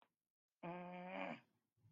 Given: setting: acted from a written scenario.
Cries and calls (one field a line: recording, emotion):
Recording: vocal sound without words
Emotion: anger